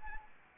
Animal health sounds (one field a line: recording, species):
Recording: mosquito wingbeat signal from an infrared sensor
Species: Anopheles arabiensis